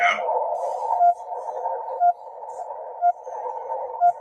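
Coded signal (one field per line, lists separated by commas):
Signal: radio time signal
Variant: RWM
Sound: four short beeps, one each second, over steady radio hiss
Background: radio static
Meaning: Each pip marks the start of a second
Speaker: The other frequency to shoot for is 9996. There you go. Pretty strong. The S meter actually gets up.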